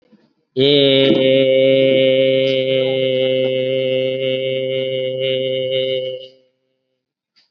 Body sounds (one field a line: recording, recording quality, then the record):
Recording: sustained vowel as in made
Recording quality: excellent, no background noise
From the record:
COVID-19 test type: RT-PCR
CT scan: not taken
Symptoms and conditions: none ticked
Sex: male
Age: 56 years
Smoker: no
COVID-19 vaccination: both doses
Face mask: worn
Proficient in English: yes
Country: India